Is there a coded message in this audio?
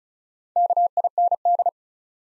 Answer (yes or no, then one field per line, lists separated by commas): yes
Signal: Morse code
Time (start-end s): 0.6-1.7 s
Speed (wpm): 36 wpm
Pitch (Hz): 700 Hz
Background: none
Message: KIND